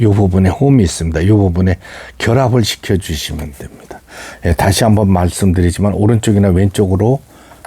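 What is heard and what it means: A man talks while handling the locking latch on a home sewing machine, which is turned right or left until it locks with clicks. The clip ends just before the part goes home, and nothing has seated or clicked yet.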